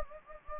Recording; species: mosquito wingbeat signal from an infrared sensor; Anopheles gambiae